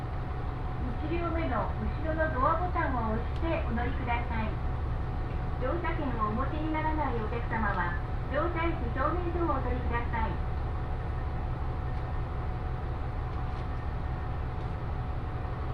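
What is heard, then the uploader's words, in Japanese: Aboard a train on the Tohoku and Kitakami lines, a steady low rumble runs throughout while a voice speaks from about one to ten seconds. 耳で楽しむ鉄道旅 東北本線・北上線 花巻→北上→和賀仙人。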